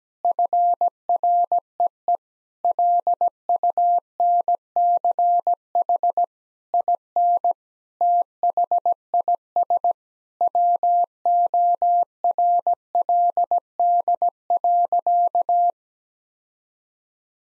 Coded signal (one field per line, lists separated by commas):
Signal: Morse code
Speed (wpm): 17 wpm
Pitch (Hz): 700 Hz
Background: none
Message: FREE LUNCH IN THIS WORLD.